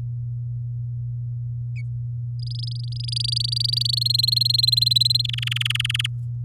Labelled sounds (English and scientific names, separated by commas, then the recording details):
Domestic Canary (Serinus canaria) song
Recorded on 8 May 2018 at 12:05
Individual llb16